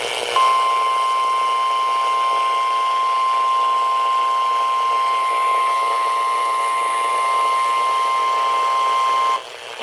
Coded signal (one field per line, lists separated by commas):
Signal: Emergency Alert System (SAME) tones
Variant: 1050 Hz attention tone